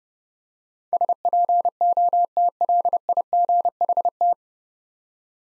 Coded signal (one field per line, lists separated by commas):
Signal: Morse code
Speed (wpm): 30 wpm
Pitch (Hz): 700 Hz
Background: none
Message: SPOTLIGHT